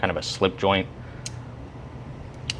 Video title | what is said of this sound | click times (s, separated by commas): New Klein Tools Electricians Knife Alot of Great Features | I like that it physically locks in place. | 2.5 s